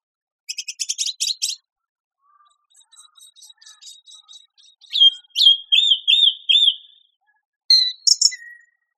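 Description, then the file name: Song thrush singing, a dry rattling burst, soft ticking notes, then a sharp slurred note repeated several times in quick succession, ending with a short squeaky phrase. "suara-kicauan-burung-song-thrush -omkicau"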